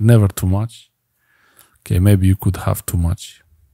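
A lithium Parkside power-tool battery pack is handled near the hot-glued 3D printed plastic adapter on an old cordless drill while someone talks. A faint handling sound comes in the pause around 1.6 s. The pack has not yet clicked or seated into the adapter.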